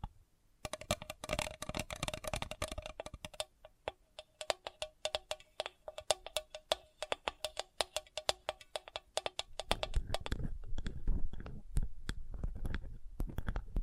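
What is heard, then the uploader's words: Rapid fingertip tapping with crisp irregular clicks, a faint steady tone in the first few seconds, and denser low rustling after ten seconds. ASMR Sensitive Tapping (No Talking).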